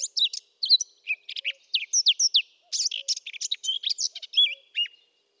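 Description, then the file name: Eurasian blackcap warbling quickly, a busy stream of scratchy chirps mixed with clearer whistled slurs, steady throughout. "Sylvia atricapilla"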